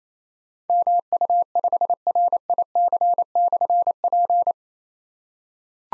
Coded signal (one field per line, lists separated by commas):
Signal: Morse code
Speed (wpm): 27 wpm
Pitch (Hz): 700 Hz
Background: none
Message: MU5RIC/P